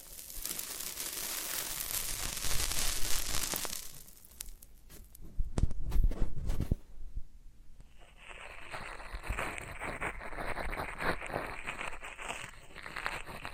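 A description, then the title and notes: Floral foam is crushed and rubbed, with dense crackling and crumbling through the first four seconds. Around five to seven seconds come sharper snaps and low thuds, then a steady, bright fizzing crumble returns, like foam being pressed and torn. ASMR Satisfying Tingle Stimulating Floral Foam Sounds for Sleep (No Talking).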